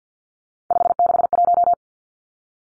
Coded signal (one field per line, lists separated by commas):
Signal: Morse code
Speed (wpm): 50 wpm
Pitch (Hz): 700 Hz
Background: none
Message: 561